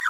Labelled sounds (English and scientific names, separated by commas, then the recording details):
Green-rumped Parrotlet (Forpus passerinus) babbling
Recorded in a nest box in Venezuela
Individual 18B25A3